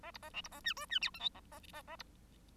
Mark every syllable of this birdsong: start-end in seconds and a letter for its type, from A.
0.03-0.11 A, 0.14-0.18 B, 0.22-0.30 A, 0.33-0.41 C, 0.44-0.48 B, 0.51-0.61 A, 0.64-0.73 D, 0.76-0.86 E, 0.89-0.99 D, 1.01-1.10 F, 1.14-1.20 G, 1.20-1.29 H, 1.34-1.40 A, 1.51-1.59 A, 1.73-1.82 A, 1.87-1.96 A, 1.99-2.03 B